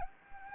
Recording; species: mosquito wingbeat signal from an infrared sensor; Anopheles gambiae